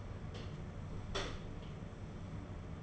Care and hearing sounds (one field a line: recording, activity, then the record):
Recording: daily activity, microphone in the room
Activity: close door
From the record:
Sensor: 4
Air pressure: 1016.1 hPa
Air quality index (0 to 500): 208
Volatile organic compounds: 12 ppm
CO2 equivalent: 2375 ppm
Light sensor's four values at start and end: 9/20/8/7 and 9/20/8/7